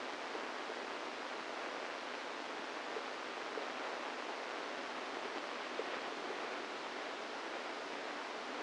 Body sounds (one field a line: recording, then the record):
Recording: brain microelectrode recording played as sound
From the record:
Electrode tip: inside the subthalamic nucleus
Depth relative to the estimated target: 0 mm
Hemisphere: right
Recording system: NeuroSet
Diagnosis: Parkinson's disease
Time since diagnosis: 10 years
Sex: female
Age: 45 years